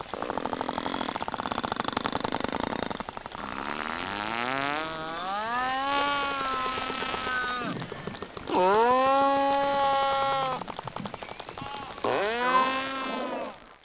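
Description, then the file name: Risso's dolphin calls: buzzy pulsing, then several strong rising and falling harmonic whistles. Monterey, 17 May 2005; played at half speed. "Monterey Rissos 17 may 2005 Half Spd"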